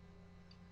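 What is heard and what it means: The steel barrel of a Springfield 1911 .45 ACP pistol, with its link standing up, is pushed through the front of the slide. A short, sharp click at 0.5 s sounds over a steady low hum. The barrel is seated and locked in the slide.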